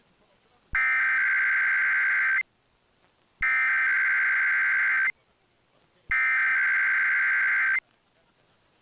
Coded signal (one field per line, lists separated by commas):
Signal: Emergency Alert System (SAME) tones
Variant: header bursts